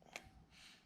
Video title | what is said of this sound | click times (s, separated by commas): Harley Throttle Body 6 pt connector Install | and there it is that's locked | 0.2 s